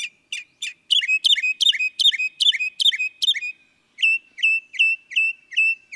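Northern mockingbird song: rapid repeated bright chirps, some with rich overtones, delivered in a steady run with a short pause midway.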